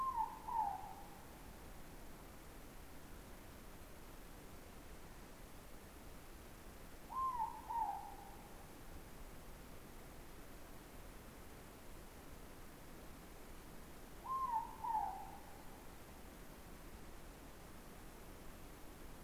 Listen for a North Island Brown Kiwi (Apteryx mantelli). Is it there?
no